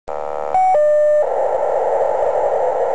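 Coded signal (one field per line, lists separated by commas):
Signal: POCSAG pager data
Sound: a few short steady tones, then a continuous harsh buzzing data stream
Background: radio static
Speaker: that of course sounds like data of some sort being sent around so I tracked it down and found out those those were pagers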